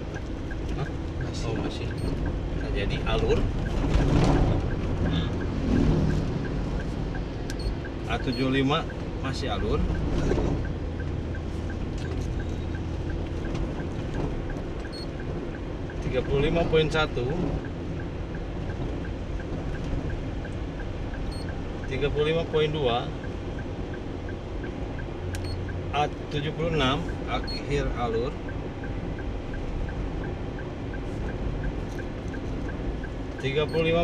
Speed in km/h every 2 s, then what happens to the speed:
56, 56, 56, 57, 58, 58, 59, 59, 58, 58, 58, 58, 58, 58, 57, 57, 57.
0-34 steady at about 58.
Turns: none.